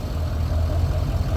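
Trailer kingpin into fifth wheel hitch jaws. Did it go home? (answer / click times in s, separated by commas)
no / none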